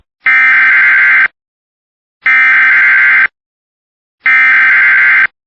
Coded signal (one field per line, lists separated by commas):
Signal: Emergency Alert System (SAME) tones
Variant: header bursts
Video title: EAS Tropical Storm Warning for the Gulf of Mexico just south of Texas.